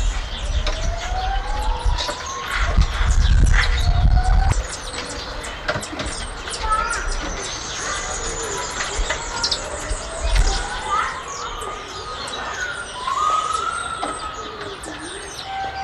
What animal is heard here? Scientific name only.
Leontopithecus chrysomelas